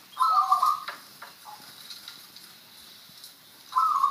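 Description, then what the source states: Zebra dove giving a quivering, trilled coo phrase, then a pause of soft clicks before the next rolling phrase begins at the end. Song of the songo ratu style.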